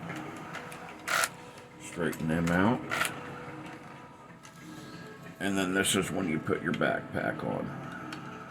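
Someone talks while handling a Transformers G1 Omega Supreme toy robot, pushing its tank backpack section toward the robot's back, with light plastic handling noises throughout. Nothing has seated or clicked yet by the end of the clip.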